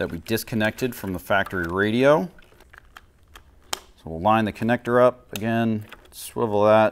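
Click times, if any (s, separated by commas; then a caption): none. Someone talks while lining up a plastic radio wiring harness connector for a Soundstream HDHU.14si radio and swiveling it toward its mating factory plug behind the fairing of a 2014+ Harley-Davidson Road Glide. In a pause between about 2.6 and 3.7 seconds, a few faint, sharp handling taps are heard. Nothing has seated or clicked yet.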